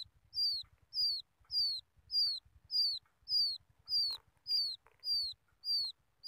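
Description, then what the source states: Quail chick giving regular high, falling peeps at a steady pace, with a few faint clicks and scratches in between. Chick calling its mother.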